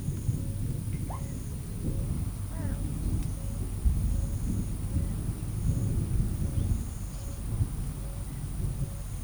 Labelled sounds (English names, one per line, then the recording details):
none
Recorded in forest near Pivijay, Magdalena, Colombia, on 1 June 2023 at 15:00
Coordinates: 10.467, -74.380
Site Z5-G034